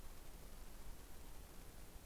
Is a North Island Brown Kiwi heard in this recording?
no